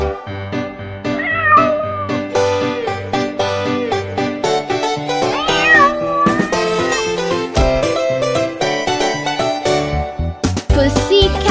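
A cat meows repeatedly, its rising and falling cries loud over a steady, tonal musical backing that plays throughout without any talking.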